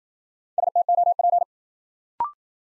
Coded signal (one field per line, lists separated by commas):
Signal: Morse code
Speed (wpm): 53 wpm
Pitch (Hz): 700 Hz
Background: none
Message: STOP